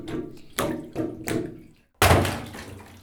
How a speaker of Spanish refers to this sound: Agua, agüita, llévame al río, llévame a la isla.